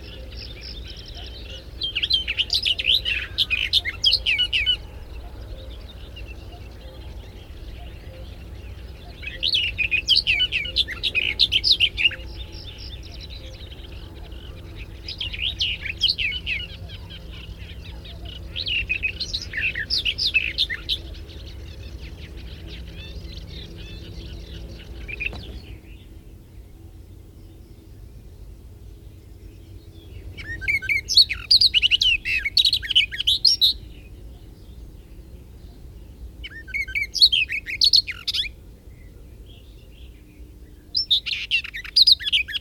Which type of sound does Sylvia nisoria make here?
song